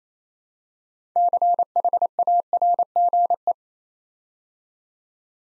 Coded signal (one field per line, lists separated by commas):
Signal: Morse code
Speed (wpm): 28 wpm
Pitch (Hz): 700 Hz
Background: none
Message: CHARGE